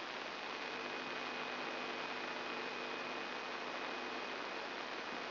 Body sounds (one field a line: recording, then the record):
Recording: brain microelectrode recording played as sound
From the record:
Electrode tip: outside the subthalamic nucleus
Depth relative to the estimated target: 4 mm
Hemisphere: left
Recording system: AlphaMap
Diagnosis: Parkinson's disease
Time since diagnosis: 14 years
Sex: female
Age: 63 years